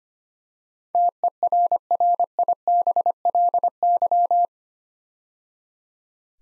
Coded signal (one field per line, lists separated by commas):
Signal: Morse code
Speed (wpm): 25 wpm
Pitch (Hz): 700 Hz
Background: none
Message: TERRIBLY